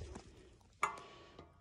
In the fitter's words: down on your pedal you'll hear it snap bring your total up and your workpiece is done